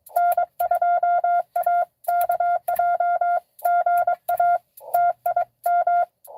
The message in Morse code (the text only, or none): N2AKJ GA TIM